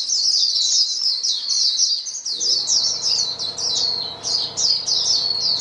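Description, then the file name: White-eye chorus: continuous high, lively twittering with quick rising and falling notes, over a faint low hum in the second half. Chorus of many white-eyes singing together. "paduan suara pleci"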